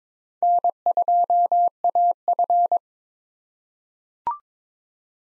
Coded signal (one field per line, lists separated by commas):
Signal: Morse code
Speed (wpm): 22 wpm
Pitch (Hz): 700 Hz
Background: none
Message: N2AF